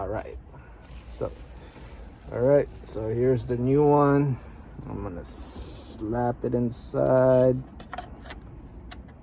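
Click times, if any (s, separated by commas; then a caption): 8.9 s. A new dash switch piece is pushed into the plastic dashboard trim panel of a 2003 Toyota Matrix XRS during a big screen stereo install, while someone talks. A few faint taps come before it snaps in with a sharp click at 8.9 seconds, and the switch is seated.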